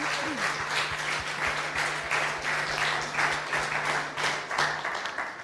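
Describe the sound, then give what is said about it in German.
An audience at a church service applauding for God, a steady wash of many hands clapping that holds at an even loudness for several seconds, with a low hum running underneath. “Lass uns ihm noch mal einen Applaus geben.”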